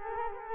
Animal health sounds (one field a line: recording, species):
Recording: mosquito wingbeat signal from an infrared sensor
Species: Culex quinquefasciatus